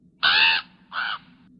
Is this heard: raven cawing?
yes